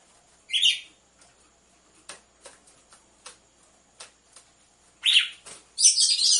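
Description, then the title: Red-cowled cardinal with a harsh chirp, a run of soft ticking clicks, then two rasping, buzzy notes close together at the end. Female red-cowled cardinal song, used to warm up males. "Canto Galo Campina Fêmea 01. ESQUENTE GALO DE CAMPINA COM BATIDA DE DOIS MACHOS"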